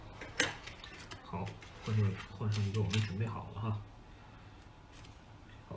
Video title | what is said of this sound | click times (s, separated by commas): 如何更换笔记本内存条，你也可以的！Dell Inspiron 15 5505 戴尔 灵越 | 这样向两边啊，向两边一扒，它就会起来啊，拿下来。 | 0.4 s